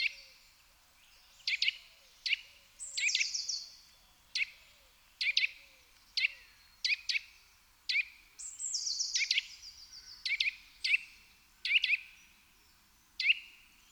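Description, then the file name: Eurasian nuthatch calling: a steady run of sharp, high notes, some doubled, broken twice by a thin, falling, drawn-out trill, with faint low bird chirps early on. "Sitta europaea"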